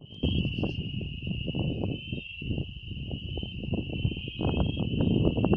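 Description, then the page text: Fernandez's Dwarf Frog giving a steady, high-pitched trill without pause, partly masked by near-constant low rumbling noise. Adult male, wild; recorded 29 June 2019 at Álvarez de Toledo, Saladillo, Buenos Aires, Argentina, 37 m elevation. "Physalaemus fernandezae. Juan Atenzio"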